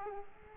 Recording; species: mosquito wingbeat signal from an infrared sensor; Aedes aegypti